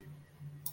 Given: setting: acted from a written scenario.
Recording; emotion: vocal sound without words; shame